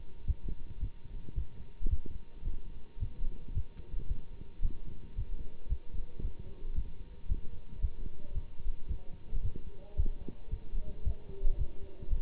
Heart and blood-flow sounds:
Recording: heart sounds by stethoscope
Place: between the tricuspid and mitral areas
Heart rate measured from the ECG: 112 bpm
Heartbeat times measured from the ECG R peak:
0.26 s: heartbeat
0.79 s: heartbeat
1.35 s: heartbeat
1.89 s: heartbeat
2.44 s: heartbeat
2.99 s: heartbeat
3.53 s: heartbeat
4.08 s: heartbeat
4.62 s: heartbeat
5.15 s: heartbeat
5.68 s: heartbeat
6.21 s: heartbeat
6.75 s: heartbeat
7.28 s: heartbeat
7.80 s: heartbeat
8.34 s: heartbeat
8.87 s: heartbeat
9.42 s: heartbeat
9.96 s: heartbeat
10.50 s: heartbeat
11.04 s: heartbeat
11.57 s: heartbeat
12.09 s: heartbeat
From the record:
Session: Bruce protocol treadmill stress test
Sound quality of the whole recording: good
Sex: male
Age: 24 years

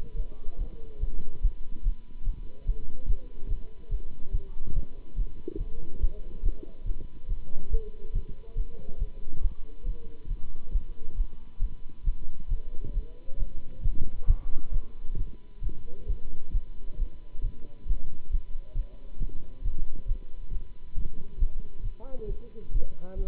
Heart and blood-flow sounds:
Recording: heart sounds by stethoscope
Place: between the tricuspid and mitral areas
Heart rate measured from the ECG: 138 bpm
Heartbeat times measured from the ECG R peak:
0.15 s: heartbeat
0.57 s: heartbeat
0.99 s: heartbeat
1.41 s: heartbeat
1.82 s: heartbeat
2.24 s: heartbeat
2.65 s: heartbeat
3.06 s: heartbeat
3.47 s: heartbeat
3.89 s: heartbeat
4.31 s: heartbeat
4.73 s: heartbeat
5.15 s: heartbeat
5.57 s: heartbeat
5.99 s: heartbeat
6.42 s: heartbeat
6.84 s: heartbeat
7.27 s: heartbeat
7.69 s: heartbeat
8.12 s: heartbeat
8.55 s: heartbeat
8.98 s: heartbeat
9.41 s: heartbeat
9.84 s: heartbeat
10.27 s: heartbeat
10.71 s: heartbeat
11.15 s: heartbeat
11.59 s: heartbeat
12.03 s: heartbeat
12.48 s: heartbeat
12.92 s: heartbeat
13.37 s: heartbeat
13.82 s: heartbeat
14.26 s: heartbeat
14.71 s: heartbeat
15.16 s: heartbeat
15.61 s: heartbeat
16.06 s: heartbeat
16.51 s: heartbeat
16.96 s: heartbeat
17.41 s: heartbeat
17.86 s: heartbeat
18.30 s: heartbeat
18.74 s: heartbeat
19.18 s: heartbeat
19.62 s: heartbeat
20.06 s: heartbeat
20.50 s: heartbeat
20.94 s: heartbeat
21.38 s: heartbeat
21.82 s: heartbeat
22.26 s: heartbeat
22.71 s: heartbeat
23.15 s: heartbeat
From the record:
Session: Bruce protocol treadmill stress test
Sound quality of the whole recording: good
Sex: male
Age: 26 years

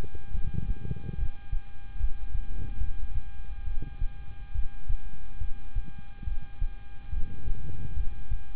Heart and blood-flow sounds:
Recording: heart sounds by stethoscope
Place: between the tricuspid and mitral areas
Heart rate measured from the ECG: 71 bpm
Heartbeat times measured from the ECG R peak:
0.31 s: heartbeat
1.16 s: heartbeat
1.97 s: heartbeat
2.78 s: heartbeat
3.64 s: heartbeat
4.52 s: heartbeat
5.38 s: heartbeat
6.24 s: heartbeat
7.10 s: heartbeat
7.94 s: heartbeat
From the record:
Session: rest, lying down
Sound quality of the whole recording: good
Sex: male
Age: 26 years

